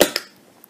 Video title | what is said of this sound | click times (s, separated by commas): What We Love about the Dyson V10 Motorhead | the same here this is the crevice tool clicks into place now that's not coming off unless you press this button | 0.0 s